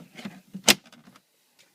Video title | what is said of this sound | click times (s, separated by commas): HOW TO INSTALL A 4 CHANNEL CAR AUDIO AMPLIFIER FOR A 2009 - 2013 TOYOTA COROLLA | Snaps right in. | 0.7 s